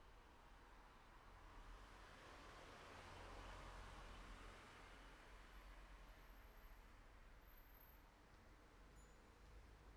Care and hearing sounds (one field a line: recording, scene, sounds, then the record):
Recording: everyday scene through a hearing-aid microphone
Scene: in traffic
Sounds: traffic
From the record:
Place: city secondary road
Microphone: behind the ear, left, front